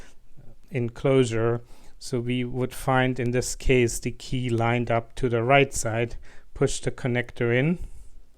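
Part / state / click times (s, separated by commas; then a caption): MTP fiber connector into patch panel adapter / not seated / none. An MTP fiber connector is lined up with its key to the right side and pushed into the female-female adapter in a patch panel enclosure while someone talks throughout. Nothing has seated or clicked yet; the connector is not yet home when the clip ends.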